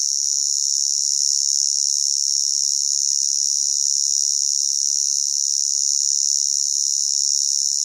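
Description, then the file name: Cricket or cicada: a piercing, constant high buzz with no gaps or variation, the only sound present. Loud constant single chirp; Queensland, Australia; summer. "zapsplat animals insects cricket or cicada loud single chirp constant qld australia summer"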